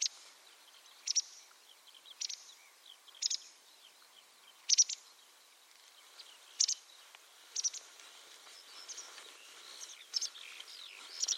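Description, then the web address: White wagtail sharp, high call notes, some doubled, given at uneven intervals over faint background noise. "Deverinetal 2025 File origin Bird Only"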